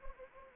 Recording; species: mosquito wingbeat signal from an infrared sensor; Anopheles arabiensis